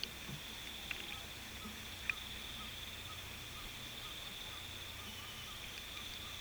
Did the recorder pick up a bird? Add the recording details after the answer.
no. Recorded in pastures near Puerto Asís, Putumayo, Colombia, on 22 December 2024 at 18:30. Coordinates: 0.486, -76.323. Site GP01